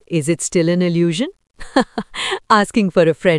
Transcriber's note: laughing